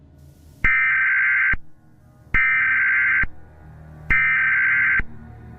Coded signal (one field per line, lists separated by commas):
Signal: Emergency Alert System (SAME) tones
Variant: header bursts